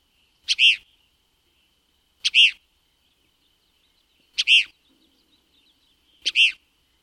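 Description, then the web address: Cassin's kingbird giving four harsh, burry two-part calls, a short note then a longer one, repeated about every two seconds. "Thumbs Plus Zoo Field Guide Repository Sounds"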